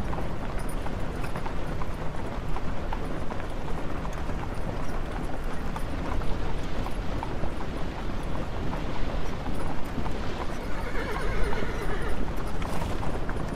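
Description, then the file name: Horse hoofbeats clopping repeatedly over a heavy low rumble of rolling wheels. Horse pulling a carriage. "horse and carriage"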